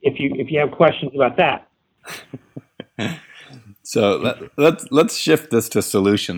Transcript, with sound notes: if you have questions about that.
[Laughs] So, let’s shift this to solutions.